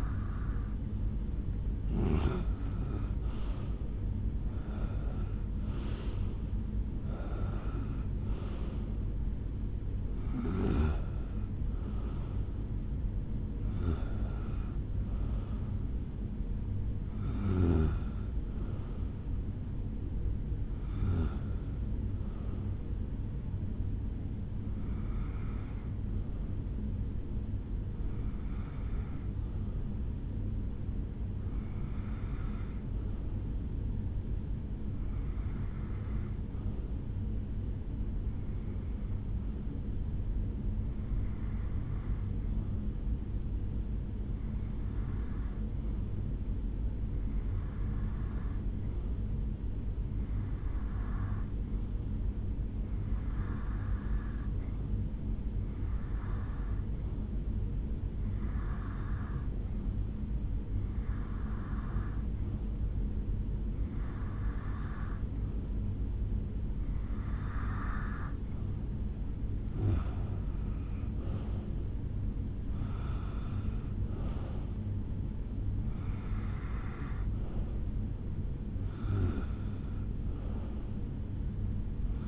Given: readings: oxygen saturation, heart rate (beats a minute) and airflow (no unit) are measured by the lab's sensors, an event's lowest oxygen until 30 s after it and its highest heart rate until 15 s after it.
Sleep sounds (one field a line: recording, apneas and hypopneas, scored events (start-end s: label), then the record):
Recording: breathing in sleep by a smartphone at the bedside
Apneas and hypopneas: 1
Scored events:
4.00-34.00 s: new sleep stage, N1 (lightest sleep)
33.00-68.50 s: hypopnea (N1, oxygen 96% highest, then 91% lowest, heart rate 69 at the start, 74 highest)
34.00-82.28 s: new sleep stage, REM sleep
From the record:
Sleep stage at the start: REM sleep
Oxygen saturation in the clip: 86 to 96%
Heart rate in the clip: 65 to 79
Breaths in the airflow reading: 26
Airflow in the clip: -9.4 to 6.3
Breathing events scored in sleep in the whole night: 449 in 7.0 hours asleep